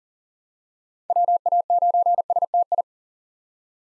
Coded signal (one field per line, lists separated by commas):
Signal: Morse code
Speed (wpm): 40 wpm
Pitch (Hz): 700 Hz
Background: none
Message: WA9STI